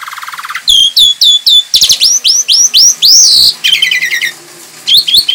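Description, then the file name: Javan pied starling song: a rapid run of low buzzy notes, then loud repeated whistled upslurs and harsh chattering phrases around four per second, with a brief pause before more upslurred whistles. Lure call recording (pancingan). "suara pancingan jalak suren"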